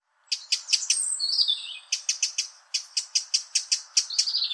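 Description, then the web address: Bird calls: a rapid run of sharp, high chirps, broken early by a thin descending whistle and ending with a brief slurred note. "Deverinetal 2025 File origin Bird Only"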